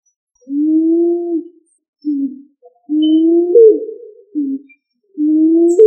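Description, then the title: Pigeon giving repeated low coos, long smooth notes alternating with short ones, one coo rising into a brief upward inflection. "Columbidae Pomba"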